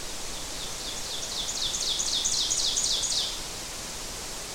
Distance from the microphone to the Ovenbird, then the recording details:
about 30 m. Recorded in boreal forest in Alberta, Canada, on 12 June 2016 at 06:12. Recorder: SongMeter 3, array SBT-3-18. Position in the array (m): 229 m, 90 m. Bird 31